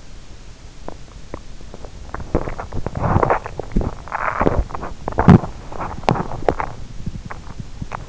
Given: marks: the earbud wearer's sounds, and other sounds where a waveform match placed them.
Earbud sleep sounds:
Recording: sounds in sleep by an in-ear microphone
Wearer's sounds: teeth grinding, swallowing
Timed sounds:
0.77-1.94 s: teeth grinding
2.32-3.58 s: swallowing
3.71-8.09 s: teeth grinding

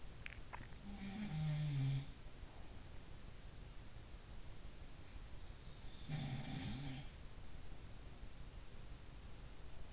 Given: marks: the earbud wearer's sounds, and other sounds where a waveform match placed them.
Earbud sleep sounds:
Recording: sounds in sleep by an in-ear microphone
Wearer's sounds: swallowing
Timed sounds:
0.00-0.74 s: swallowing
0.74-2.67 s: sound from someone else or the room
6.05-7.14 s: sound from someone else or the room

